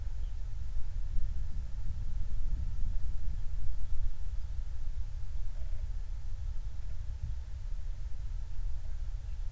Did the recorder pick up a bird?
yes